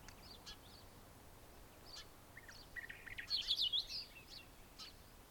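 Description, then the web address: Hume's wheatear gives scattered short high chirps, then a brief rapid twittering phrase in the middle, over steady background hiss. "Hume's wheatear. صدای-پرنده-چکچک-شکم-سفید"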